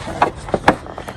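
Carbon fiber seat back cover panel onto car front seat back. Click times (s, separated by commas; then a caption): 0.7 s. A carbon fiber seat back cover panel for a Model 3 or Model Y front seat is hooked into the bottom slots, raised behind the seat belt and pressed against the seat back. Several short knocks and taps are heard around 0.2, 0.5, 1.0 and 1.1 seconds, with the loudest sharp click at 0.7 seconds as the panel locks into place.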